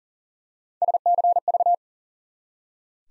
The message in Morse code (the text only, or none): SCV